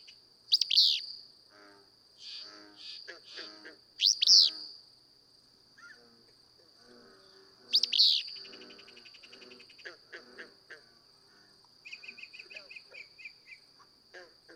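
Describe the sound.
Willow flycatcher repeating a sharp, explosive sneezy phrase three times, with other birds chattering and trilling between them over a constant high whine.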